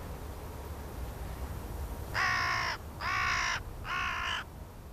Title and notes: Varis. Viikon luontoäänen esitteli Juha Laaksonen